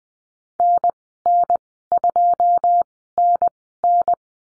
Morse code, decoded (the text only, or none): NN2NN